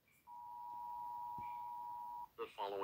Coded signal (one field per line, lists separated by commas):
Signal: Emergency Alert System (SAME) tones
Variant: 853 and 960 Hz attention tone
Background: speech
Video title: Reaction to EAS Scenario#9 The Final | Made By GamerDonater2023